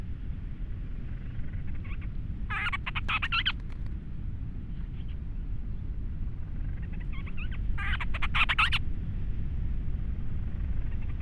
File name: Grants Storm Petrel